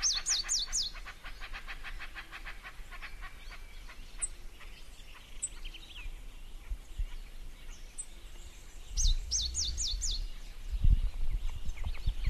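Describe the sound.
White-winged brush finch calls: a quick run of high, thin, sharp notes in the opening seconds, then a few scattered chips and a brisk high burst later, over low rumbling noise.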